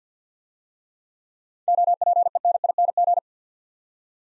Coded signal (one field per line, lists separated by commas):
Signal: Morse code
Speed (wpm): 50 wpm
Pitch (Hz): 700 Hz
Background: none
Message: OPENING